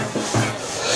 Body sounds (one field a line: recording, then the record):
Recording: coughing mixed with background sound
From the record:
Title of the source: Cough Around the Clock!